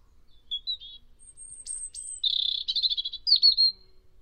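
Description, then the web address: European robin song: scattered high squeaky notes, then a dense trilling run and a final thin flourish, all high-pitched and fluid. "Deverinetal 2025"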